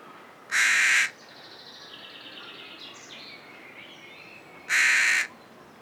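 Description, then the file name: Carrion crow calls with two loud, rough caws roughly four seconds apart, and small birds twittering softly in between. "Corvus corone"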